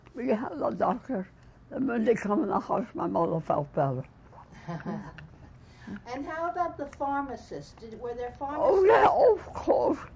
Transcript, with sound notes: We had a doctor and when they come on a horse my mother felt better.
[chuckles] And how about the pharmacist? Did — were there pharmacists?
Oh, yeah. Oh, of course.